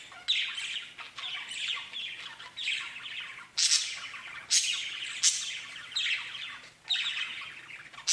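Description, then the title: Budgerigar chatter with scratchy warbled phrases and abrupt bright squawks roughly every second, the twittering running without a break throughout. "Budgie Sounds"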